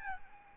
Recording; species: mosquito wingbeat signal from an infrared sensor; Aedes albopictus